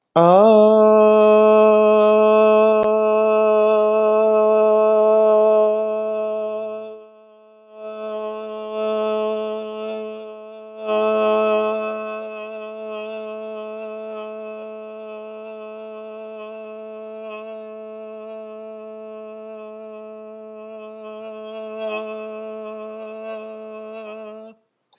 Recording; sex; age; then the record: vowel held as long as possible; male; 20 to 29 years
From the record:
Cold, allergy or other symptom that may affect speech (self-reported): no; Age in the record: 27 years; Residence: Illinois, United States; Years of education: 16